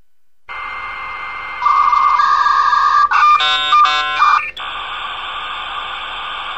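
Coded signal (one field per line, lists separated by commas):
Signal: dial-up modem handshake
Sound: steady tones, a high answer tone, warbling bleeps, then a long hiss of static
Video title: Dial Up modem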